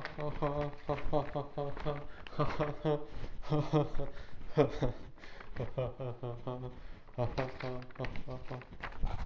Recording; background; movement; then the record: laughter; quiet; walking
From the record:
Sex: male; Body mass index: 23.7 kg/m2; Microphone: on the chest, facing outward